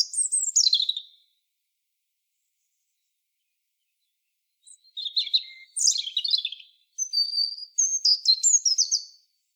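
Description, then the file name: European robin song: a brief phrase of high, descending notes, a pause of about three seconds, then a longer run of thin whistles and tinkling trills. "Erithacus rubecula"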